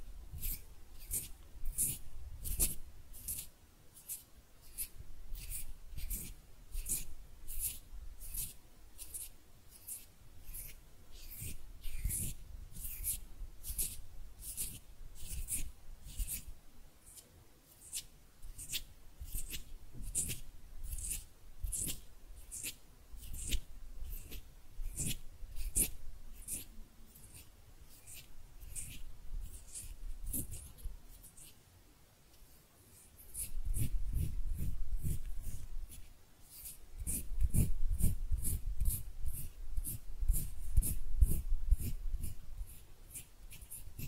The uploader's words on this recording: ASMR Relaxing Hand Sounds (No Talking).